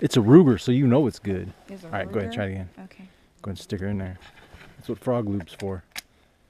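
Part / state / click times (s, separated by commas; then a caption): magazine into rifle magazine well / not seated / none. Someone talks while a new shooter is told to try again and pushes the magazine up into the magazine well of a Ruger rifle. Nothing has seated or clicked yet when the clip ends.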